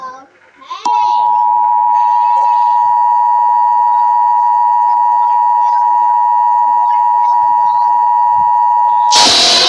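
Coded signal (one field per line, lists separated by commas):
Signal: Emergency Alert System (SAME) tones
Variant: 853 and 960 Hz attention tone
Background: speech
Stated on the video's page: Simulated EAS scenario for Dallas, Texas.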